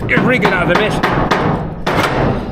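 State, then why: Seated. Someone talks as a sagging farm shed door that sits too low is lifted and pushed shut. At 1.9 s a thud is heard as the door latch finally catches in its keeper, and the door is latched.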